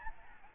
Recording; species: mosquito wingbeat signal from an infrared sensor; Aedes albopictus